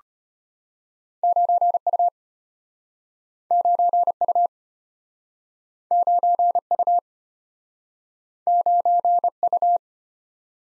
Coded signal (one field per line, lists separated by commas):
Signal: Morse code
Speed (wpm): 33 wpm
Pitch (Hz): 700 Hz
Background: none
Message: 9U 9U 9U 9U